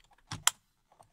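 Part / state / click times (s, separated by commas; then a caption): driver airbag module into steering wheel / seated / 0.5 s. A driver airbag module is pressed firmly into an E46 multifunction steering wheel with radio and cruise control buttons, giving a brief rustling push at about 0.3 s. The right-side spring latch engages with a sharp click at 0.5 s, and the module is seated.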